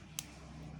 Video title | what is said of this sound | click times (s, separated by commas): CARA NYOLDER KOMPONEN ELEKTRONIKA | Nah, udah langsung bunyi klek. Nah, itu udah terpasang dengan baik berarti kan. | 0.2 s